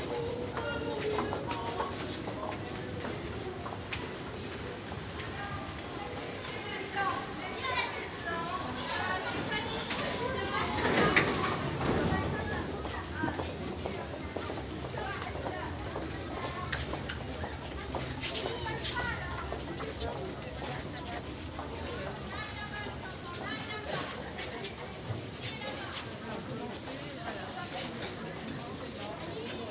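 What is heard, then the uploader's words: A Paris metro ride, with voices chattering over a constant low rumble of the train. Loudness stays fairly even throughout, with a brief louder swell around eleven seconds, and scattered clicks and knocks run through the steady background. The whole metro trip from station République to station Rambuteau in Paris.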